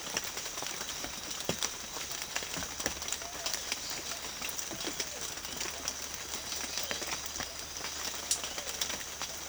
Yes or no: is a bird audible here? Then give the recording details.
no. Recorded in secondary vegetation near Puerto Asís, Putumayo, Colombia, on 24 June 2025 at 13:00. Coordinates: 0.500, -76.326. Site GP08